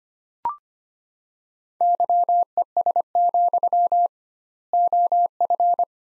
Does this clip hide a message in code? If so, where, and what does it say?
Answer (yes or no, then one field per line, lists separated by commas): yes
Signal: Morse code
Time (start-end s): 1.8-5.8 s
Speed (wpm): 25 wpm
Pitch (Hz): 700 Hz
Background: none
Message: YES, OF